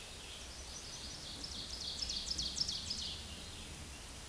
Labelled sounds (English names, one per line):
Ovenbird song